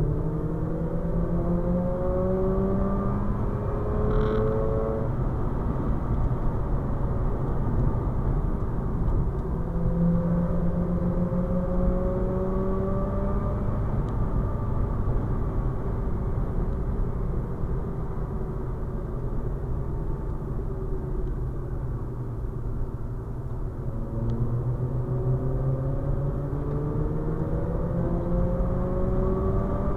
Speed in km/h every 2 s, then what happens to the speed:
84, 96, 93, 80, 69, 83, 87, 80, 72, 63, 50, 51, 63, 78, 91.
0-2 speeds up to 96. 3-7 brakes to 69. 8-12 speeds up to 87. 12-20 brakes to 50. 21-30 speeds up to 91.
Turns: 20-25.